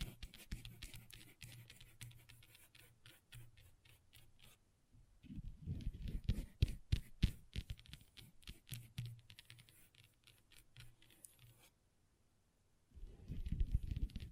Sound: Table Tapping & Scratching with Long Nails